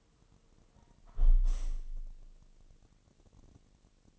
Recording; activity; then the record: daily activity, microphone in the room; close window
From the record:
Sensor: 4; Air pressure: 1000.6 hPa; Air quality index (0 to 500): 243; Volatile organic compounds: 40 ppm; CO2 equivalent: 3154 ppm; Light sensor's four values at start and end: 9/20/8/8 and 9/20/8/7